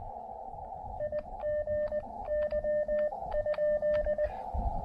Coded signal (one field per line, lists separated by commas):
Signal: Morse code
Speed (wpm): 19 wpm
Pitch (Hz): 600 Hz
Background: radio noise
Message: IGY?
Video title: Gazebo POTA Portable! A quick hike & speedy QRP POTA activation with the Elecraft KX2